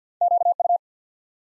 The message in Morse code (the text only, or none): QU